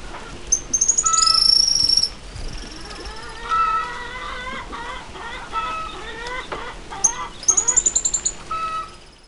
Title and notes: Museo de Ciencias de Bahía Blanca - PdA - Picabuey. Picabuey (Machetornis rixosa)